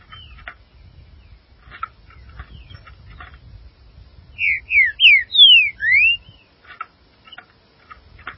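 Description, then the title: Green-winged saltator song: a loud phrase of five clear, slurred whistles lasting under two seconds, amid faint scattered clicks and chips and a low rumble. "Trinca Ferro"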